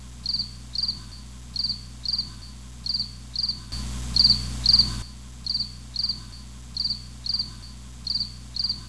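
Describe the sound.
Cricket chirping: short high-pitched buzzy chirps in a steady series, mostly in pairs, over a low constant hum, with a brief burst of louder rough noise midway.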